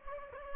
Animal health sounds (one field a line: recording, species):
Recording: mosquito wingbeat signal from an infrared sensor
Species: Anopheles gambiae